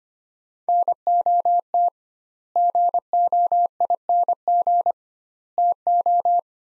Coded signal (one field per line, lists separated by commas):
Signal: Morse code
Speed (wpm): 25 wpm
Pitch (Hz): 700 Hz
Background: none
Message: NOT GOING TO